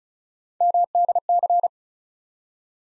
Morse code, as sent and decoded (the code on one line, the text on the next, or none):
-- -.. -.-.
MDC